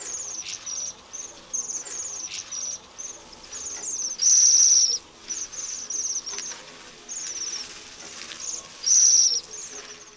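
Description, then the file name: Bohemian waxwing calls: shrill ringing trills, several birds overlapping, with two louder sustained trills standing out near the middle and end. "JEMIOLUSZKA"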